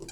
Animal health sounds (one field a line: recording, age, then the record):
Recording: pig call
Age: weaner (32 to 43 days)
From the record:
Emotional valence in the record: negative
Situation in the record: long isolation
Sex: female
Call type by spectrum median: low-frequency call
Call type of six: high-frequency modulated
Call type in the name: high-frequency modulated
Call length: 0.11 s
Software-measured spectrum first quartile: 328 Hz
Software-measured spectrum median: 1851 Hz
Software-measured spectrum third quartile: 6001 Hz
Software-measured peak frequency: 396 Hz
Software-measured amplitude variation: 127 dB a second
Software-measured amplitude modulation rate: 4.5 a second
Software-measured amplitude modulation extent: 28.5 dB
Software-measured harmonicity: 4.7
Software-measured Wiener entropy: -3.89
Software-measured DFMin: 925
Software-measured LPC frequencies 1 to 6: 438, 1514, 2390, 3181, 4007, 4764 Hz